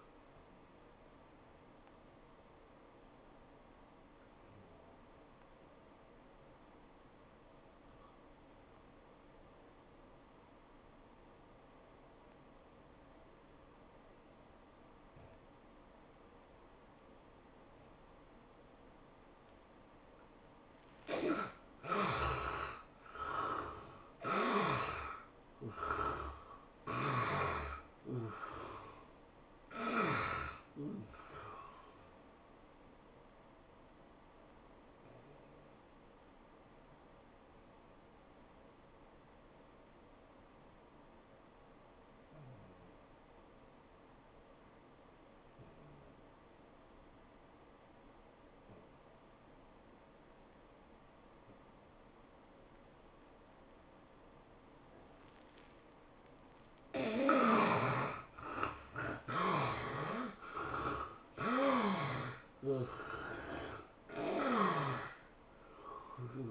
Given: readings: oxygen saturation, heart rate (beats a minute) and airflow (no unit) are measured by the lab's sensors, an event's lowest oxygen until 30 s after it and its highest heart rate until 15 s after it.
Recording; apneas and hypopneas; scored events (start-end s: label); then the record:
breathing in sleep by a voice recorder at the bedside; 2
4.00-21.80 s: obstructive apnea (N1, oxygen 87% highest, then 74% lowest, heart rate 88 at the start, 107 highest)
34.00-57.60 s: obstructive apnea (N1, oxygen 96% highest, then 73% lowest, heart rate 100 at the start, 107 highest)
35.00-65.00 s: new sleep stage, N2 (light sleep)
65.00-66.51 s: new sleep stage, N1 (lightest sleep)
From the record:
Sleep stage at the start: N1 (lightest sleep); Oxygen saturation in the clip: 72 to 96%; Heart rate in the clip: 83 to 107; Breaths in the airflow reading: 8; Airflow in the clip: -15.0 to 12.3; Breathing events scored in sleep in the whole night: 403 in 5.5 hours asleep